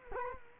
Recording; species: mosquito wingbeat signal from an infrared sensor; Culex quinquefasciatus